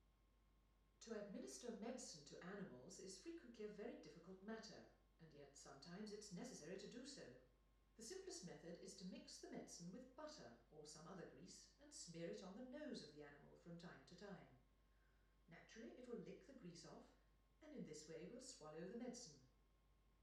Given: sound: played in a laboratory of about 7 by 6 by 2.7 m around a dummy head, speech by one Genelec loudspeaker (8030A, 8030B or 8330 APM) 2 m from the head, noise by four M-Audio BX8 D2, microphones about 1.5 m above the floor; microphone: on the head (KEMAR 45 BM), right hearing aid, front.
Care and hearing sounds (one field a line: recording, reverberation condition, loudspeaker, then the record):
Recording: female speech in English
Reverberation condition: medium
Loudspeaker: 30 degrees to the left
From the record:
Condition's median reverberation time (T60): about 510 ms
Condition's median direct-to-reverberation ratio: about -0.5 dB